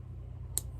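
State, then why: Seated. An insulin pump tubing connector is clipped by feel into the infusion site on the body, giving a single sharp, bright click at 0.6 s over a steady low hum. The connector seats with that click.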